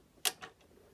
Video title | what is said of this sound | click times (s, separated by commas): Beginner's Guide to the Bell & Howell 255 vintage 8mm film projector. How to use Also models 370 363 | once you have it un lounged you're going to pull up the arms they'll click | 0.3 s